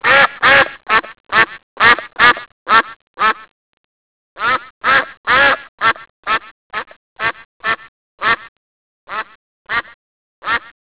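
Duck quacking in rapid raspy bursts, about two per second, with a pause of about a second a third of the way through before the quacks resume, spaced more loosely.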